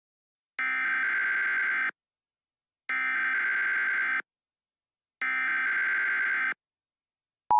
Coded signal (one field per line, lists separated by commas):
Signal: Emergency Alert System (SAME) tones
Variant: header bursts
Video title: EAS Scenario: Black Undeath